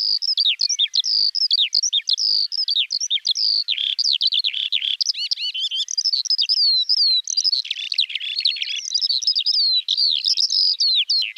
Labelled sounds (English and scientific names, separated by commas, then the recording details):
Eurasian Skylark (Alauda arvensis) song
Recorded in the wild
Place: Freiburg/Rieselfeld, Baden-Württemberg, DE
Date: 2004-06-06
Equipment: MiniDisc Sharp MT 20 H, Telinga DAT, Telinga-Parabolspiegel
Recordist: Schwarz, Dieter